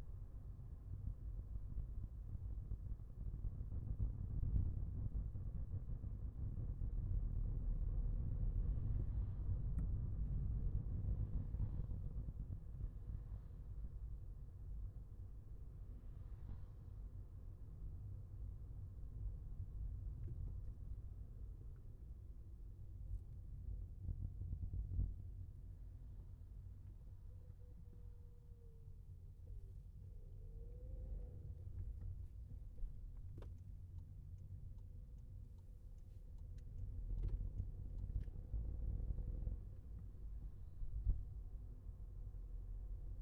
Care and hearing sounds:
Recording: everyday scene through a hearing-aid microphone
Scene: in a vehicle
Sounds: engine, highway traffic jam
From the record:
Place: Skoda Fabia, gasoline engine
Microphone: behind the ear, left, rear

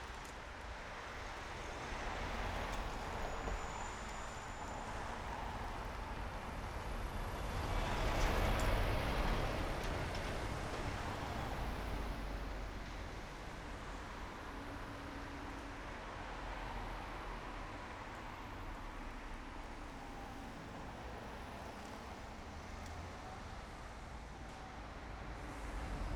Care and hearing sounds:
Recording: everyday scene through a hearing-aid microphone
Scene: in traffic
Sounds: traffic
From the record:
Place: main road on the outskirts, rush hour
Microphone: behind the ear, right, front

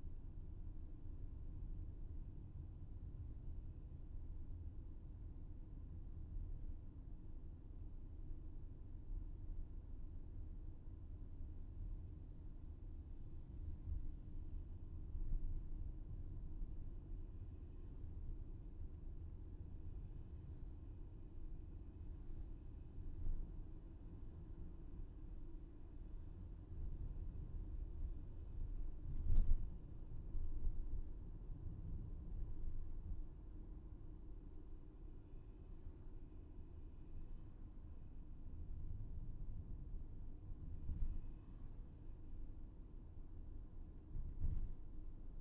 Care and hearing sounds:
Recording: everyday scene through a hearing-aid microphone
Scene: in a vehicle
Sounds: engine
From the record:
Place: VW T5 Caravelle, diesel engine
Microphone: behind the ear, left, rear

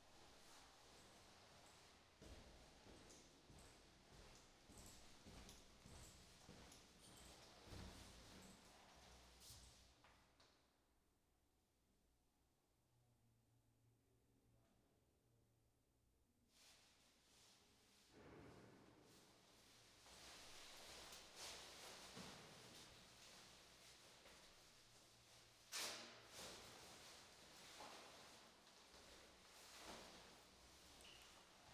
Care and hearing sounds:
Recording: everyday scene through a hearing-aid microphone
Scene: reverberant space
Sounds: background noise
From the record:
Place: staircase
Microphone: in the ear canal, right

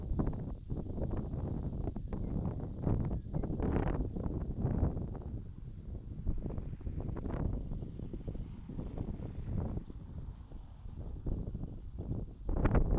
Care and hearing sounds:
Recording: everyday scene through a hearing-aid microphone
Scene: wind on the microphone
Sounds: wind, traffic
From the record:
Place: in front of a rural house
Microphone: in the ear canal, left

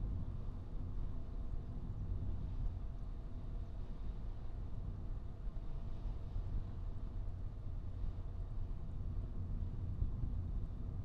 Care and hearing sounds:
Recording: everyday scene through a hearing-aid microphone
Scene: in a vehicle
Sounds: engine, traffic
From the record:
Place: Skoda Fabia, gasoline engine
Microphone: in the ear canal, right

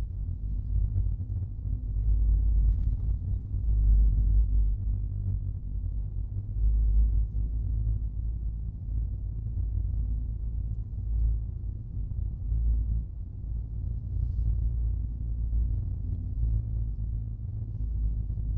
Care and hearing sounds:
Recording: everyday scene through a hearing-aid microphone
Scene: in a vehicle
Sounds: engine, rumble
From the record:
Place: Skoda Fabia, gasoline engine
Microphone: in the ear canal, right

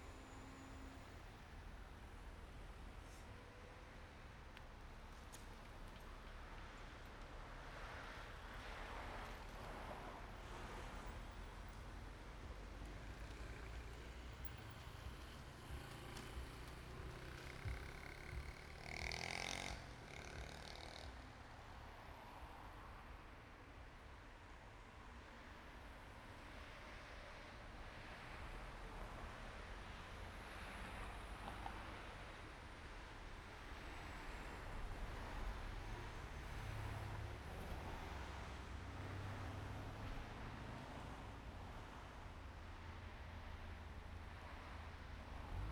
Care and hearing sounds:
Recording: everyday scene through a hearing-aid microphone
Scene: in traffic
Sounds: traffic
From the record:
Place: main road on the outskirts, rush hour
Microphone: behind the ear, right, rear

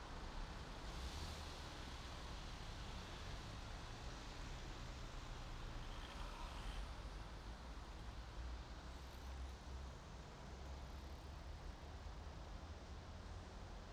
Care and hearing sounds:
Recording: everyday scene through a hearing-aid microphone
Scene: in traffic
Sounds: traffic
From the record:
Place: main city hub, rush hour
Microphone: in the ear canal, right

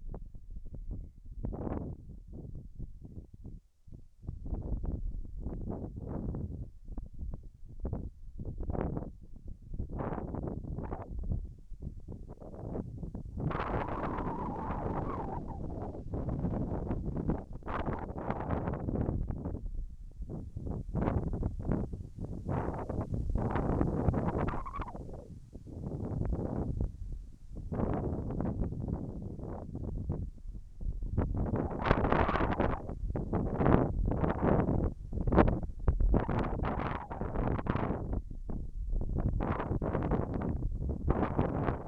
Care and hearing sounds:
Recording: everyday scene through a hearing-aid microphone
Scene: wind on the microphone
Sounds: wind, whistling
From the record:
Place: in front of a rural house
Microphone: behind the ear, left, rear

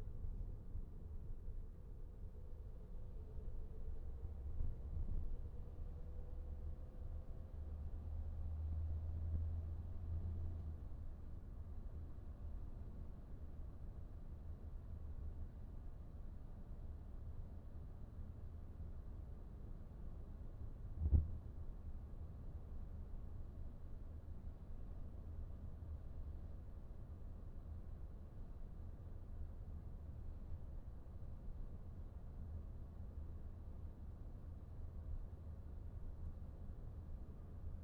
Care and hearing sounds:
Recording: everyday scene through a hearing-aid microphone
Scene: in a vehicle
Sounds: engine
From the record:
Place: VW T5 Caravelle, diesel engine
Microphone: behind the ear, right, front

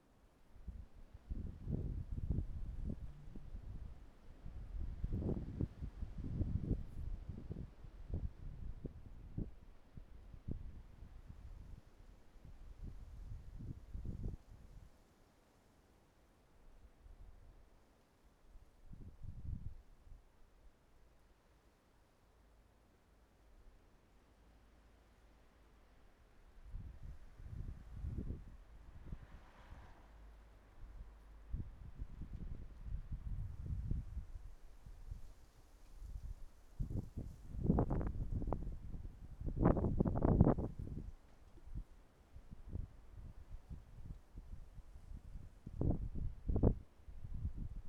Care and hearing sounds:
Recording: everyday scene through a hearing-aid microphone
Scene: wind on the microphone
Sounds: wind, traffic, birds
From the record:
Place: suburban garden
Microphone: behind the ear, right, front

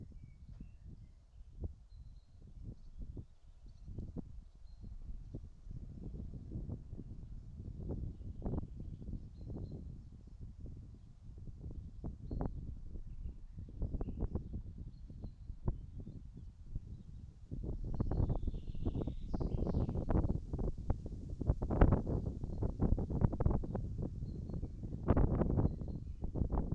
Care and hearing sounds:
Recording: everyday scene through a hearing-aid microphone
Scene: wind on the microphone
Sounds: wind, birds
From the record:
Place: in front of a rural house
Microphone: in the ear canal, right

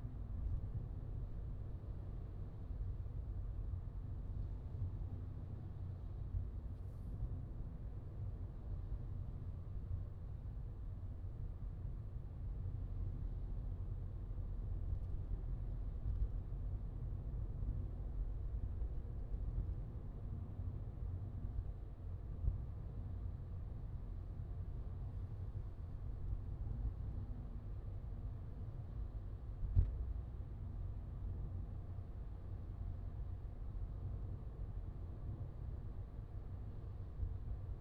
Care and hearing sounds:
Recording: everyday scene through a hearing-aid microphone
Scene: in a vehicle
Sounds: engine, traffic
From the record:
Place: Skoda Fabia, gasoline engine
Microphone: in the ear canal, left

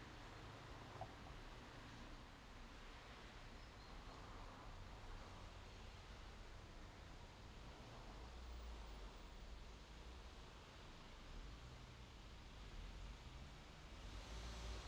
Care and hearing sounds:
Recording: everyday scene through a hearing-aid microphone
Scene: in traffic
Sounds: traffic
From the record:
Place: main road on the outskirts, rush hour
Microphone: in the ear canal, left

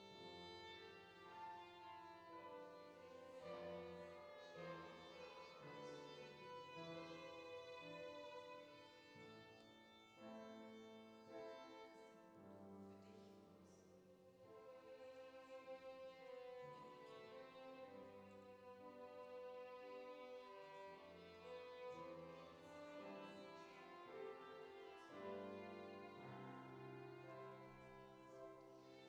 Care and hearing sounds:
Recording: everyday scene through a hearing-aid microphone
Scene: reverberant space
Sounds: music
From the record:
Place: church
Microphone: in the ear canal, left

